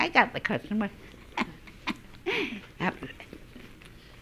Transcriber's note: she laughs